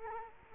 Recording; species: mosquito wingbeat signal from an infrared sensor; Culex quinquefasciatus